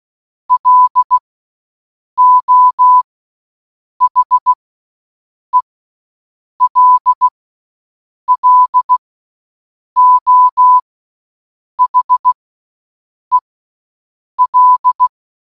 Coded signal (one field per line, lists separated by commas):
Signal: Morse code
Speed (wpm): 16 wpm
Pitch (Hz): 1000 Hz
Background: none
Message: LO HELLO HEL